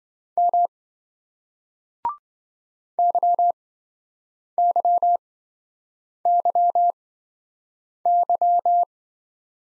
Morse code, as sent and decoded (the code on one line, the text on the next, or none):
-- / -.-- -.-- -.-- -.--
M YYYY